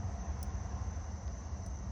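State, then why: Seated. A plastic tie or clamp on an aftermarket Samsung washer suspension rod is pulled tighter by hand so it will hold up under a full load of clothes. Over a steady low rumble, one brief sharp ratchet click sounds at 0.4 s. The tie ratchets tighter and is seated super tight.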